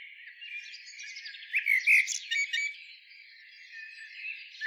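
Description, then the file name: Eurasian blackbird's brief whistled phrase with a bright peak near two seconds. "Turdus merula"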